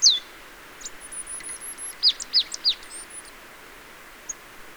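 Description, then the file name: Marsh tit calls: one sharp downslurred note, then a short run of three quick falling chips, with a faint thin high whistle behind. "Poecile palustris"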